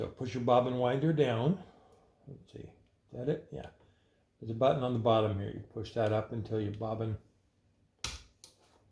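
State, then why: Seated. Someone talks while pushing the bobbin winder lever of a vintage New Home Paragon SKY sewing machine up against the hand wheel. A sharp click at 8.0 s marks the winder locking into its engaged position, with its wheel touching the hand wheel, followed by a softer tick just after.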